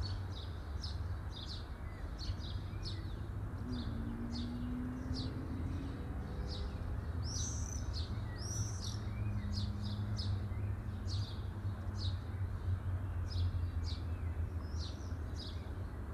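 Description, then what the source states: Birds chirping: short bright chips repeated rapidly and steadily, with a few louder notes, over a strong low rumble of background noise. Birds chirping at midday.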